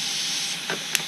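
An inflation needle from a compressor is pushed into an input port on the side of a joke tablet over a steady broadband hiss. A soft tap comes near 0.7 s, then a sharp, short click at 0.95 s as the needle seats in the port, and the device is said to light up once engaged.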